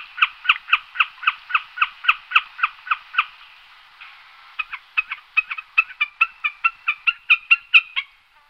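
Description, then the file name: Common snipe giving regular notes about four per second, a brief pause, then a quicker, slightly higher and more irregular run of notes. "beccaccino"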